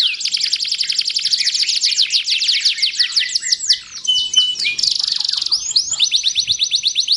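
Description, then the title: Canary song with quick repeated chirping trills, a steady high tour in the middle, then further rapid syllable series. Belgian canary; warm-up song used to stimulate singing. "Canto Para Esquentar Canário Belga. SUARA BURUNG : Kenari"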